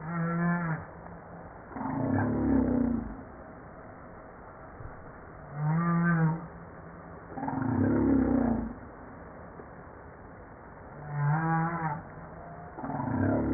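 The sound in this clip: Humpback whale grunting moans, low buzzy pulsed units alternating with harmonic tones, in pairs about two seconds apart, with each pair repeating roughly every five to six seconds over a murky underwater hiss.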